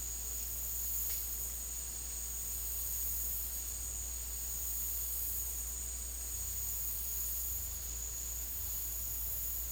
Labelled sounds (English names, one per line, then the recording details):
none
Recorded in dense forest near Puerto Asís, Putumayo, Colombia, on 8 March 2025 at 15:30
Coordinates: 0.503, -76.323
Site GP09